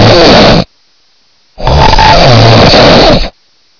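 Two loud, harsh, low rumbling breaths are heard: a short one, then a longer one of nearly two seconds, with silence between. The rough, rattling, growl-like quality is loud snoring in an adult.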